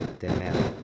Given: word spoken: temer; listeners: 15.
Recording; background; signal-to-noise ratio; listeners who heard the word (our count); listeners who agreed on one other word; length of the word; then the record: one Spanish word in noise, from a listening test; noise modulated by three-talker babble; -6.3 dB; 1 of 15; 13 of 15; 0.43 s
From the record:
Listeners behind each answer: 13, 1, 1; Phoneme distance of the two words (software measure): 10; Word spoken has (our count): 2 syllables, 5 phonemes, stress on syllable 2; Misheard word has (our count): 2 syllables, 5 phonemes, stress on syllable 2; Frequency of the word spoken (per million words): 8.56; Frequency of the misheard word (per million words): 380.37